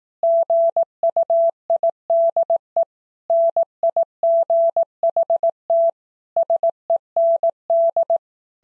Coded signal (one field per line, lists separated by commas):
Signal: Morse code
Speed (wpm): 18 wpm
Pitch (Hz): 670 Hz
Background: none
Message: GUIDE NIGHT SEND